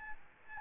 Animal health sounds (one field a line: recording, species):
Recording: mosquito wingbeat signal from an infrared sensor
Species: Aedes albopictus